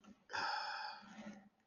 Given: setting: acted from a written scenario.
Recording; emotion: vocal sound without words; embarrassment